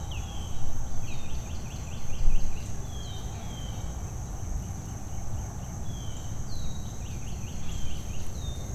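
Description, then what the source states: Birdsong, several short descending whistles and chirps scattered throughout over a steady low rumble of traffic and a constant high hiss. Early morning birdsong with distant traffic, 18 July 2023.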